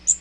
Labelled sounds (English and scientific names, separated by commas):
Magnolia Warbler (Setophaga magnolia) flight call